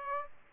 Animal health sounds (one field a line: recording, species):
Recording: mosquito wingbeat signal from an infrared sensor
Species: Aedes aegypti